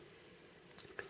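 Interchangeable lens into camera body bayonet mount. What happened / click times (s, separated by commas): The lens mount clicked into place / 1.0 s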